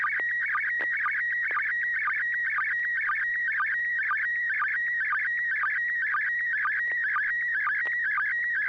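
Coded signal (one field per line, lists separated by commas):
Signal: SSTV (slow-scan television)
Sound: warbling high tone sweeping quickly, with short regular low sync chirps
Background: low hum, radio static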